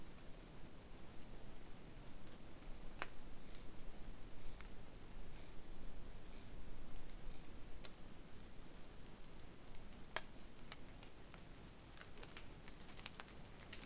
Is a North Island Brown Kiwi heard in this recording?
no